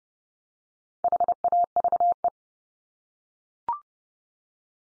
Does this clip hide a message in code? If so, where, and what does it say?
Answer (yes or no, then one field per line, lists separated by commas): yes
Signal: Morse code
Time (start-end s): 1.0-2.3 s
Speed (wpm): 30 wpm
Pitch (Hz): 700 Hz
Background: none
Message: HAVE